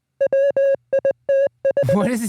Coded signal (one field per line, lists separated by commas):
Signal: Morse code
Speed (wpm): 20 wpm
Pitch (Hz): 550 Hz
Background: speech, music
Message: WITH